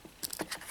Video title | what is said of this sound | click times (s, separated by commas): Best of the Pencil Case: Spring 2015 | It locks in place 90 and 180°. | 0.2 s, 0.3 s